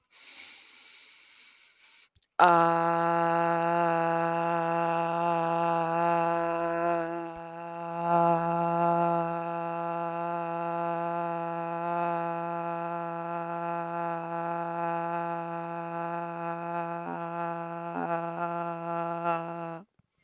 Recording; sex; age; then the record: vowel held as long as possible; female; 20 to 29 years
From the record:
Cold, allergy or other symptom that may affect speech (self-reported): no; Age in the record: 24 years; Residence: New York, United States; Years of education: 12